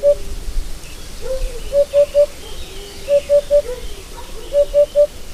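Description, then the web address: Eurasian hoopoe calling in hollow triplets, 'poo-poo-poo', repeated three times, with softer sliding lower calls in between. "agykontroll Madardalok Cd 2. Búbosbanka"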